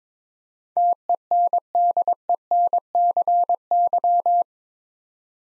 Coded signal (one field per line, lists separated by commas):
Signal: Morse code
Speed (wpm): 22 wpm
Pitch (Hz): 700 Hz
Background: none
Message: TENDENCY